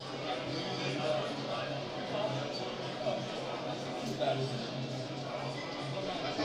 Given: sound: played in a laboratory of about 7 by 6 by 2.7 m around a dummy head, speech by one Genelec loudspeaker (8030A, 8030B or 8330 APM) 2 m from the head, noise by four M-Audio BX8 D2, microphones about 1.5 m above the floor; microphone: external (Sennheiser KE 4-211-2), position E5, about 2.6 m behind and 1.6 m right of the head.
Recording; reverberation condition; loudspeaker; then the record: cafeteria noise; medium; four, about 170 cm from the corners of the room and facing them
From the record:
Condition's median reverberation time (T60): about 510 ms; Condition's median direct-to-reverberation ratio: about -0.5 dB